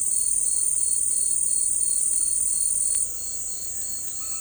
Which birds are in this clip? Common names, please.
none